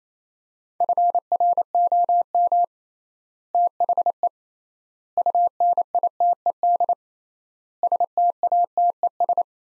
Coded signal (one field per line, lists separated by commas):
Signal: Morse code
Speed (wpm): 28 wpm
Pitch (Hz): 700 Hz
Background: none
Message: FROM THE UNITED STATES